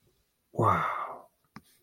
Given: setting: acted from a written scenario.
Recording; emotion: vocal sound without words; awe